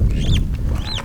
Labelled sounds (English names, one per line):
Superb Starling flight call